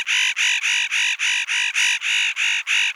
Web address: Nucifraga caryocatactes